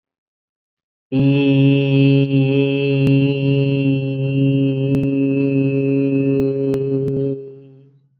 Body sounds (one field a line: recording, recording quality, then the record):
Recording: sustained vowel as in beet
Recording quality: excellent, no background noise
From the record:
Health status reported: COVID-19 positive, moderate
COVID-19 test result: positive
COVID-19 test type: RT-PCR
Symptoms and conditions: cough, sore throat, fatigue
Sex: male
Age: 31 years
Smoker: no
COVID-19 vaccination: both doses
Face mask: not worn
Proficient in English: yes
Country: India